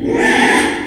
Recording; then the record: squeal of a Yucatan mini pig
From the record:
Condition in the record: after surgery on the right vocal fold (resection and tissue-engineered implant); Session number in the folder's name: 4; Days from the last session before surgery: 42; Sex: male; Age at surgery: 12 weeks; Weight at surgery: 13 kg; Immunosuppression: cyclosporine, prednisolone